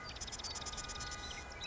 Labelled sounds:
Marsh Wren (Cistothorus palustris)
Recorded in Sonoma County, California

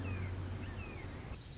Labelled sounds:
Red-shouldered Hawk (Buteo lineatus)
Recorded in Sonoma County, California

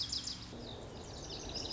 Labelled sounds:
Lazuli Bunting (Passerina amoena)
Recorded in Sonoma County, California

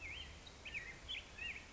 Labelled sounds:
California Quail (Callipepla californica)
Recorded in Sonoma County, California

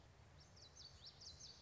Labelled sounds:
Common Yellowthroat (Geothlypis trichas)
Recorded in Sonoma County, California

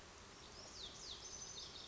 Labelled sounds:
Lazuli Bunting (Passerina amoena)
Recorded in Sonoma County, California

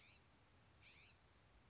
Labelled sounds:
California Scrub-Jay (Aphelocoma californica)
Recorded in Sonoma County, California

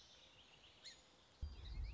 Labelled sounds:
Song Sparrow (Melospiza melodia)
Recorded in Sonoma County, California

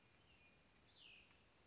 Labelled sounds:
Cassin's Vireo (Vireo cassinii)
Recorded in Sonoma County, California

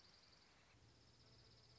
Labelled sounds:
Dark-eyed Junco (Junco hyemalis)
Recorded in Sonoma County, California

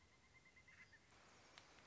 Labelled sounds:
Pileated Woodpecker (Dryocopus pileatus)
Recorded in Sonoma County, California

